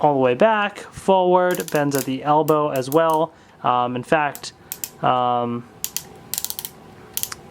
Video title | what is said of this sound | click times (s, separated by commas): DX Tenbin Voyager Review [Uchu Sentai Kyuranger] | pretty decent because I like how it clicks into place so it's nice and sturdy. | 5.8 s, 6.0 s, 6.3 s